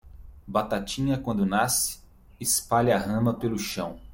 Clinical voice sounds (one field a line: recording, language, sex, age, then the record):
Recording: short text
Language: Brazilian Portuguese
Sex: male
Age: 40 to 49 years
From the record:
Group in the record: control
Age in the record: 44 years